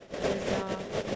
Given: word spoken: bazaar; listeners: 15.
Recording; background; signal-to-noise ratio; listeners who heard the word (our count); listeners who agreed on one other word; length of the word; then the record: one English word in noise, from a listening test; noise modulated by three-talker babble; -5.2 dB; 1 of 15; 9 of 15; 0.75 s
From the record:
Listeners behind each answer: 9, 1, 1, 1, 1, 1, 1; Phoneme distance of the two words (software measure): 10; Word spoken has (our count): 2 syllables, 4 phonemes, stress on syllable 2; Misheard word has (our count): 2 syllables, 4 phonemes, stress on syllable 2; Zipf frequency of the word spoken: 2.90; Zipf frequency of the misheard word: 4.22